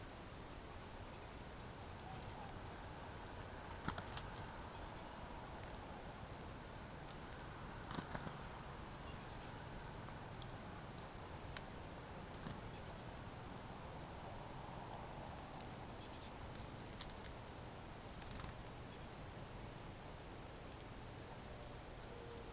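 A quiet overnight spring soundscape: a low, steady murmur fills the whole stretch, with a faint hum in the mid range. Small sharp clicks or ticks break through now and then, the loudest near five seconds, with softer ones around eight and thirteen seconds.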